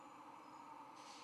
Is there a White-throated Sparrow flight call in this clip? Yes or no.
no